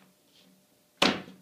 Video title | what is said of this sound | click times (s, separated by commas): How to make a custom cabinet: Under the Stairs | snaps right in | 1.0 s